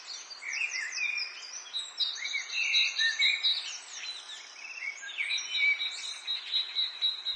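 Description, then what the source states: Dense birdsong, with high thin whistles, rapid trills and chattering phrases layered over one another across the whole stretch. Birdsong in an English garden in the late afternoon, urban atmosphere.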